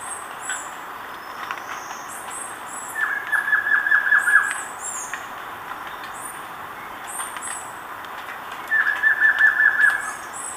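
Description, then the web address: Collared trogon singing two short bursts of rapid, level whistled notes several seconds apart, over repeated high-pitched calls of other animals. Ecuador. "Birds of Ecuador. Collared Trogon"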